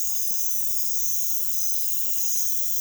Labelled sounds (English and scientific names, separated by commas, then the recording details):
none
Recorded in pastures near Puerto Asís, Putumayo, Colombia, on 21 December 2024 at 23:30
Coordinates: 0.487, -76.322
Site GP09